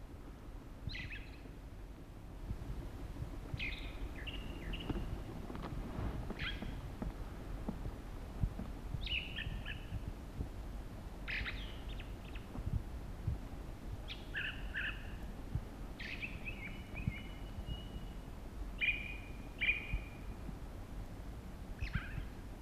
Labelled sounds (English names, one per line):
Ring Ouzel song